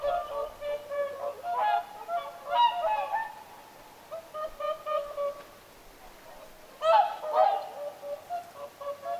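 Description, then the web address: Whooper swans calling in a flock, bugling trumpet-like honks overlapping in bursts with short pauses between loud groups. Whooper swans calling at Lintulahti on 6 November 2025. "paivat 6 11 2025 laulujoutsenten aantelya lintulahdella"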